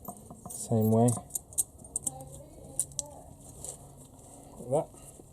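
A metal brake pad abutment clip is handled and pressed toward the caliper carrier bracket on the front brakes of a Vauxhall Opel Insignia / Buick Regal while someone talks. Short, sharp metallic ticks and taps are heard between about 1.4 and 3.0 seconds. Nothing has seated or clicked into place yet.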